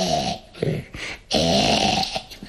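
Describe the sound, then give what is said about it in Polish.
A pet dog with congested lower airways snores heavily in a deep, rumbling bass, several loud rasping breaths with a rough, gurgling texture and brief pauses between them. “To róża. Ona teraz chrapie w ten sposób. Takim basem?”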